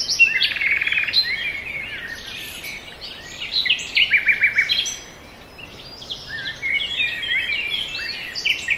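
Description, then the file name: Birds singing in a chorus, with quick buzzy trills and chirps, a brief quieter gap midway, then more overlapping high twittering phrases. Forest birds. "ASMR Nature Noise - Forest Birds"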